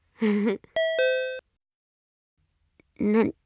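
A bright two-note ding-dong chime rings out clearly, the first tone short and the second held a little longer, with brief vocal sounds just before it and again afterward.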